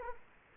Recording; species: mosquito wingbeat signal from an infrared sensor; Culex quinquefasciatus